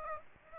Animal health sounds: mosquito wingbeat signal from an infrared sensor; Aedes aegypti

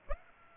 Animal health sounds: mosquito wingbeat signal from an infrared sensor; Aedes aegypti

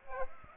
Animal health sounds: mosquito wingbeat signal from an infrared sensor; Aedes aegypti

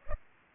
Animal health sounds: mosquito wingbeat signal from an infrared sensor; Culex pipiens

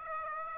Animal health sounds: mosquito wingbeat signal from an infrared sensor; Aedes aegypti

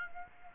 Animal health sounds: mosquito wingbeat signal from an infrared sensor; Aedes aegypti

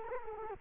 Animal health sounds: mosquito wingbeat signal from an infrared sensor; Culex quinquefasciatus

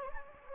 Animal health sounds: mosquito wingbeat signal from an infrared sensor; Anopheles gambiae

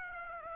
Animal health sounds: mosquito wingbeat signal from an infrared sensor; Aedes aegypti

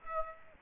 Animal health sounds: mosquito wingbeat signal from an infrared sensor; Aedes aegypti

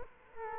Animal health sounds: mosquito wingbeat signal from an infrared sensor; Culex quinquefasciatus

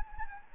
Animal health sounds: mosquito wingbeat signal from an infrared sensor; Anopheles gambiae

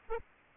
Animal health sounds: mosquito wingbeat signal from an infrared sensor; Aedes aegypti

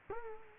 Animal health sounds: mosquito wingbeat signal from an infrared sensor; Culex quinquefasciatus

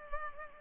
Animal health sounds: mosquito wingbeat signal from an infrared sensor; Culex pipiens

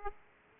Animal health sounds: mosquito wingbeat signal from an infrared sensor; Aedes aegypti

